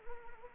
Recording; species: mosquito wingbeat signal from an infrared sensor; Anopheles arabiensis